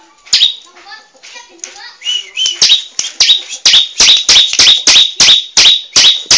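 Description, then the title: Bar-winged prinia song: soft twittering opening, then a steady run of piercing high chirps, about three per second. "Suara Burung Ciblek"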